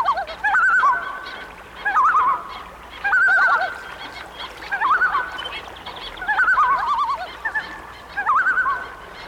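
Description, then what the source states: Loon giving wavering, quavering tremolo calls, each burst a rapid laughing flutter repeated roughly every one and a half seconds throughout. Loons on a lake.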